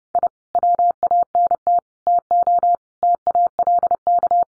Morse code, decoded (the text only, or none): I WANT TO TALK